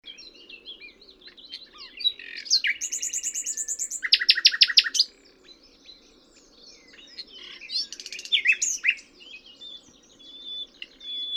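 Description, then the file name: Common nightingale song with rich variety: rapid loud rattles of repeated notes, liquid chirps, a quiet gap, then twittering phrases and a high thin whistle. "Luscinia megarhynchos"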